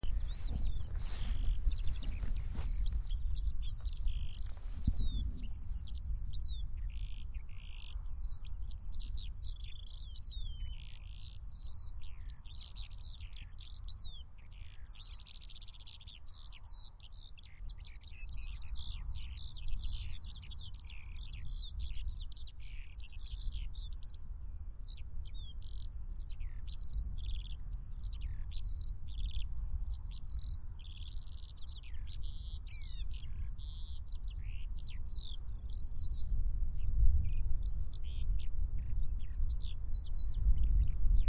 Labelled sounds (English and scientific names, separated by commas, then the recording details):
Eurasian Skylark (Alauda arvensis)
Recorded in the wild
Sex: male
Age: adult
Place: Bad Sulza, Thüringer Becken, Thüringen, DE
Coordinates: 51.0861, 11.6503
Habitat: field
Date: 2012-03-10 14:15
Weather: 6°C, cloudy, moderate winds
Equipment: Sound Devices 702, Sennheiser MKH 415 T, Rhode Windschutz
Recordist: Frommolt, Karl-Heinz
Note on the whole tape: Feldflur östlich von Bergsulza: Gesang einer Feldlerche. Gesangsunterbrechung mit kurzen Rufen als andere Tiere vorbeiflogen. Entfernung ca. 30 bis 40 m